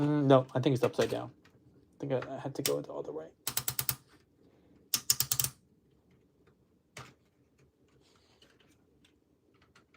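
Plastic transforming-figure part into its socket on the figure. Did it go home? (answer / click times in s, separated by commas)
partly / 4.9 s, 5.1 s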